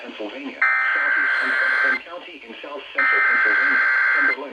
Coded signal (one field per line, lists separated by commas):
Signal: Emergency Alert System (SAME) tones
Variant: header bursts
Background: speech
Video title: MARGINAL MEYHEM... EAS Alerts from 7/8/21 (EAS #370-384)